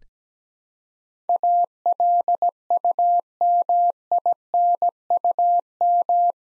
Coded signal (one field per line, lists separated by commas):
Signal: Morse code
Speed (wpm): 17 wpm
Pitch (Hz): 700 Hz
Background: none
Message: ALUMINUM